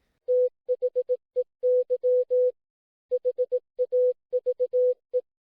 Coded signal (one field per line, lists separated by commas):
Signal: Morse code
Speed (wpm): 18 wpm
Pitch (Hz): 500 Hz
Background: music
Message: THEY HAVE